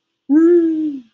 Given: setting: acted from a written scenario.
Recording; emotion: vocal sound without words; positive surprise